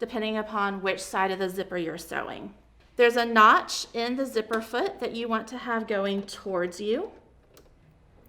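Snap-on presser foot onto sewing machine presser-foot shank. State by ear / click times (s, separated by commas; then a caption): seated / 7.6 s. Someone talks, then a plastic/metal invisible-zipper presser foot is pressed onto the presser-foot shank of a sewing machine and snaps on with a short sharp tick at 7.6 s. The snap-on foot is seated.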